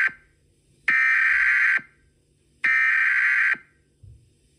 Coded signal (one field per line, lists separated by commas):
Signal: Emergency Alert System (SAME) tones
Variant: header bursts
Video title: EAS scenario SCP 049￼ Part 1/3 My first ever EAS scenario￼ ￼